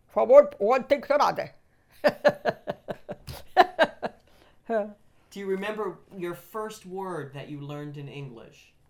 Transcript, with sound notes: From one thing to another. [Laughs]
Do you remember your first word that you learned in English?